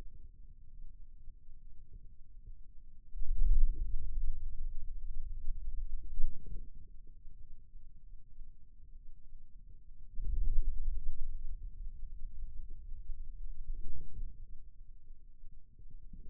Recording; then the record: forearm muscle sounds (acoustic myography)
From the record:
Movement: wrist extension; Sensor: system 2, bracelet of six BSWA MPA416 microphones around the upper forearm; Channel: 1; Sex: male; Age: 22 years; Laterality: right